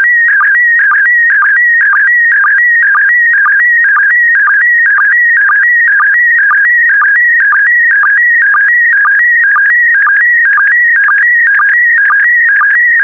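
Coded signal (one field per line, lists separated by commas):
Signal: SSTV (slow-scan television)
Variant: PD120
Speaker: 1. Thank you. Transmission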